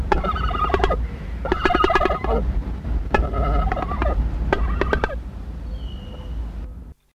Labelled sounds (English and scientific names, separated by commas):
Shoebill (Balaeniceps rex) call